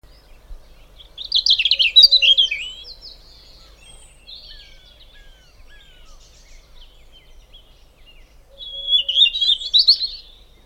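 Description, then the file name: European robin delivering two clear bursts of high, liquid warbling with fast twittered notes, separated by a quiet stretch with a few soft thin notes. "Erithacus rubecula"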